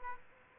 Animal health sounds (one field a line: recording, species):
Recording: mosquito wingbeat signal from an infrared sensor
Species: Aedes aegypti